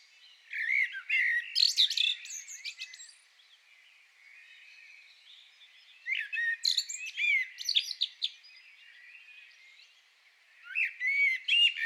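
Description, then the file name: Common blackbird singing three separate phrases with pauses between them, each a rich low warble topped by squeaky, high-pitched notes. "Turdus merula"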